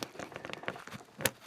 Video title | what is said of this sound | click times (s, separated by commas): Mercedes-Benz W126 S-Class Replace Door Check strap. | there it's snapped right in | 1.3 s